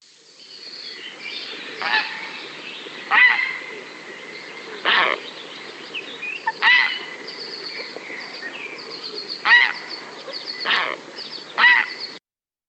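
Grey heron calls: harsh, broad croaking squawks repeated at uneven intervals of one to two seconds.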